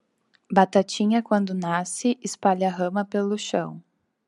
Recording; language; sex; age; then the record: short text; Brazilian Portuguese; female; 20 to 29 years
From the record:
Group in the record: control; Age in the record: 24 years